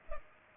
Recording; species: mosquito wingbeat signal from an infrared sensor; Culex pipiens